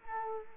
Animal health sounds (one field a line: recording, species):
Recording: mosquito wingbeat signal from an infrared sensor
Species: Culex quinquefasciatus